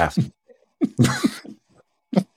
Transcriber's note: chuckles